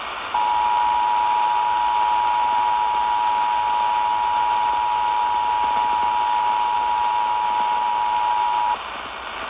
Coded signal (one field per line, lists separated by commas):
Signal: Emergency Alert System (SAME) tones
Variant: 853 and 960 Hz attention tone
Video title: Iowa Required Monthly Test On WHO-AM